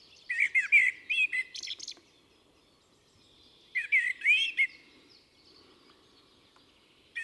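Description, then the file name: Common blackbird singing two phrases a few seconds apart, each a run of mellow whistled warbles topped with scratchy high-pitched twitters, then a lull. "Turdus merula"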